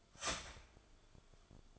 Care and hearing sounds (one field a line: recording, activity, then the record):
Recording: daily activity, microphone in the room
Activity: start toaster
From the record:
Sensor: 5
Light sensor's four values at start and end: 16/38/15/13 and 16/38/15/13